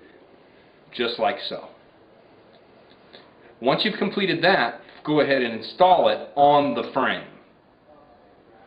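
A caster leg for an InnoMax six-leg rolling caster bed frame is handled before being installed into the metal bed frame housing, where it is meant to slide in and lock in place. A man talks, and two faint short handling ticks are heard at about 2.9 and 3.2 seconds. Nothing has seated or clicked yet.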